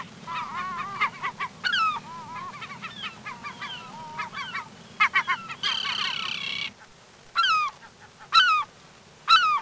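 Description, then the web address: Hawaii Oo calls: clear whistled notes, upslurred and downslurred, in quick irregular runs, over a low steady hum that stops after a harsh burst midway, then three sharp notes near the end. "Peterson North American Birds. haoc"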